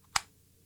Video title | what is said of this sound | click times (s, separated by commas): Thronmax S6 Twist Low Profile Mic Boom Arm | but on this it's a definite click in place there's no way your wire is going to push that out of place | 0.2 s